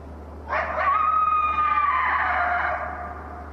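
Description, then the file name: Coyote gives a brief yip, then a sustained howl that holds steady and fades after about two seconds, against a low continuous hum. A lone coyote, recorded at 18:40 on 28 January 2012. "lone coyote 1840 hrs 1-28-12"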